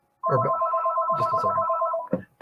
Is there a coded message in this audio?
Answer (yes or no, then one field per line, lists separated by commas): no